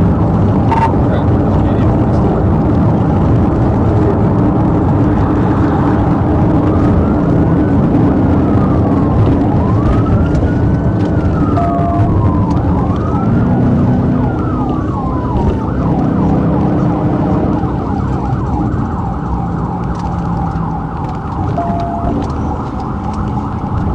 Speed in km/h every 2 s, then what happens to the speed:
126, 121, 114, 119, 122, 106, 116, 122, 127, 118, 97, 76.
0-4 slows to 114. 8-10 brakes to 106. 10-14 speeds up to 122. 17-22 brakes to 76.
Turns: none.